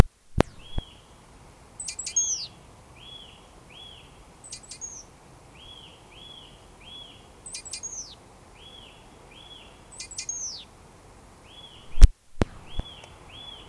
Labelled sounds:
Great Tit call
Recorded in the wild
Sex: diverse
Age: diverse
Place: Erlangen, Bayern, DE
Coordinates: 49.6086, 10.9697
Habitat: forest
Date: 1962-04-02
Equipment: Stellavox SM 5, Vollspur, Nagra
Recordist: Tretzel, Erwin

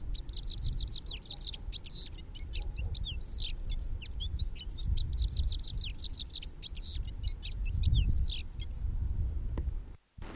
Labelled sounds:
Citril Finch song
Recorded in the wild
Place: Garmisch-Partenkirchen, Bayern, DE
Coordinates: 47.5072, 11.1436
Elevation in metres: 1729
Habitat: mountains
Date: 1967-03-26
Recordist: Tretzel, Erwin
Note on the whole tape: Wank: Gesang. Als Zitronenfink beschrieben

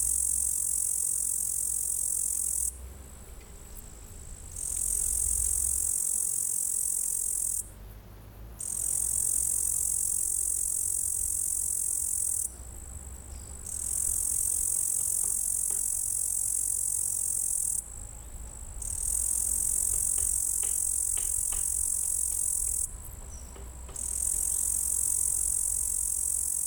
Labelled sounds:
Upland Green Bush-cricket stridulation
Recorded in the wild
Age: imago
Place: Pähnitz, Thuringia, DE
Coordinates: 51.0365, 12.4784
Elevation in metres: 160
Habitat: fallow field
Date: 2024-07-29 17:28
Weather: 23°C, sunny, no wind
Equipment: Sound Devices MixPre6, 2 Sennheiser MKH8040
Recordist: Frommolt, Karl-Heinz
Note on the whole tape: Tettigonia cantans, singing on a moth bush. Distance first 2.5 m, then 1.2 m. Recording level was adjusted when distance changed. Photo of the animal available. Temperature in the sun close to the animal 35°C (LASCAR USB2 Datalogger)

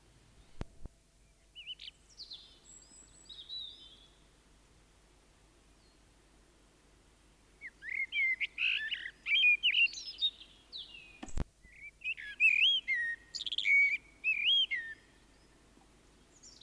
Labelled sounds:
Common Blackbird song
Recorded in the wild
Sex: male
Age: adult
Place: Garmisch-Partenkirchen, Bayern, DE
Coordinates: 47.5203, 11.0819
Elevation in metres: 847
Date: 1972-04-01
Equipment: Nagra
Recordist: Tretzel, Erwin

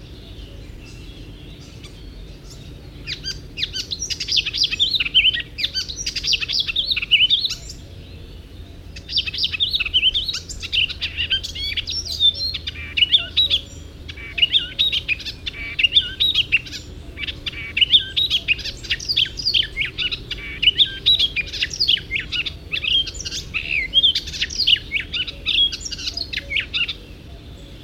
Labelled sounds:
Icterine Warbler song
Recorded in the wild
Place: Burgas, BG
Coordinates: 42.887, 26.968
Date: 1974-06-04
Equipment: Nagra III BH, Sennheiser MD 21, parabola
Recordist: Schubert, Michael
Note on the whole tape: Gesang Gelbspötter

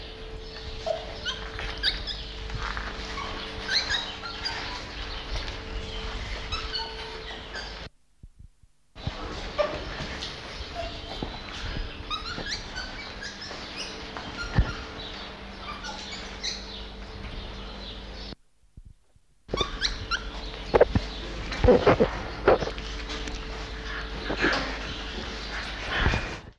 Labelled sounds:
Lar Gibbon
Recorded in captivity
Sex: male
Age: adult
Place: Zoo Magdeburg, Sachsen-Anhalt, DE
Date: 1989-05-12 13:52
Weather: bedeckt, z.T. Regen, ca. 12°C
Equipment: Sony WM-D6C, Sony ECM-939 LT, Kopie Tesla B 116
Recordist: Tembrock, Günter

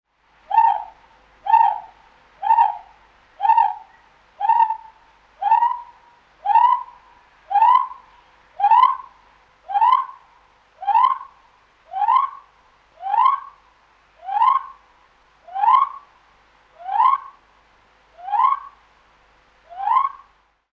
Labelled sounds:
Great Argus
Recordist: Tembrock, Günter
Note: Rufreihe eines Hahnes

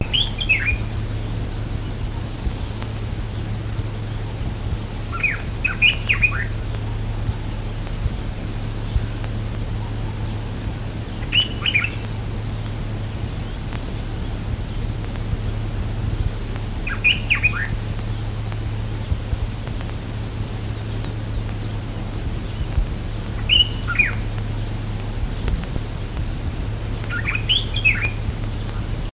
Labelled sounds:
African Red-eyed Bulbul song
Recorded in the wild
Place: Farm M. Bela
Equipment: Halbspur, 9,5 cm/s
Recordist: Lütgens, Hans

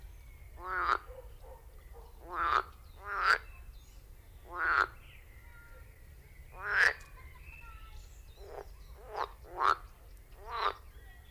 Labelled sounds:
Edible Frog call
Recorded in the wild
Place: Lübars, Benekendorffstraße, Berlin, DE
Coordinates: 52.6167, 13.3469
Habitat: Gartenteich
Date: 1998-05-31 10:33
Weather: bedeckt, 18°C
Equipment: Sony MD-WM MZ-R3, Sennheiser MKH 416 T, Kopie Uher 4000 Report Monitor
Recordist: Tembrock, Günter

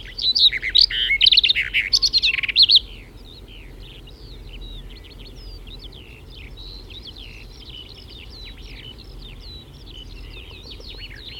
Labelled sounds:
Barred Warbler song
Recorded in the wild
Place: Schönfeld, Brandenburg, DE
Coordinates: 53.396, 14.001
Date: 1988-06-17
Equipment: Nagra III BH, Sennheiser MD 21, parabola
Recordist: Schubert, Michael

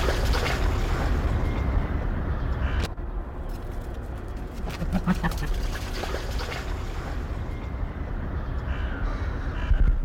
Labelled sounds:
Sika Deer
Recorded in captivity
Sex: male
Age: adult
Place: Zoo Berlin, Berlin, DE
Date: 1995-02-04 14:32
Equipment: Marantz CP 430, Sennheiser ME 80, Kopie Uher Variocord 263
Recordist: Tembrock, Günter

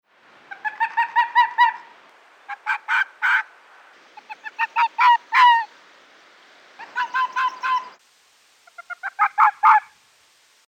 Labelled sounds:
Arctic Fox
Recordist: Frommolt, Karl-Heinz
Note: Bellstrophen von fünf Tieren

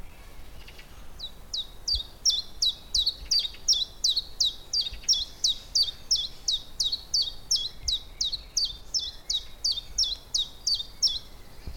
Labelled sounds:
Common Chiffchaff
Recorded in the wild
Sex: male
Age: adult
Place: Köllnische Heide, Berlin, DE
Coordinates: 52.46, 13.51
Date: 1989-04-27 17:32
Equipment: Uher 4400 Report Monitor, Sennheiser ME 80, K 30 AV
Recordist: Fischer, Stefan
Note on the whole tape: Gesang

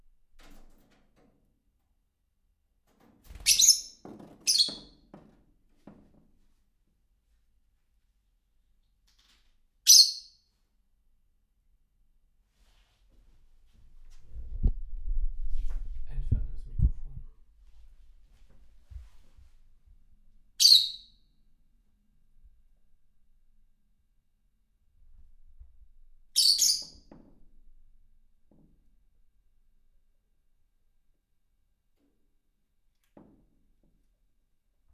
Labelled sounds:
Fischer's Lovebird call
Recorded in captivity
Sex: pair
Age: adult
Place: Zepernick, Barnim, Brandenburg, DE
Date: 2004-09-30 12:30
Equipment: Tascam DA-P1, Sennheiser MKH 70
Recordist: Frommolt, Karl-Heinz
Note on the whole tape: Rufe eines Geschwisterpärchens (geschlüpft Anfang August 2000) in Zimmervoliere

